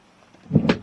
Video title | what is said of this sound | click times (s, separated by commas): User Guide - Roller Team Zefiro 665 manual (2023) | and it will click into place | 0.6 s, 0.7 s